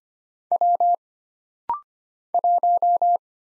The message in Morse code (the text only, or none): W 1